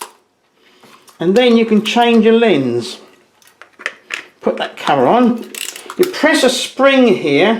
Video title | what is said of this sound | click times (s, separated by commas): Mamiya C220 | if you want to take the lens off you rack it back fully you turn this to unlock | 0.0 s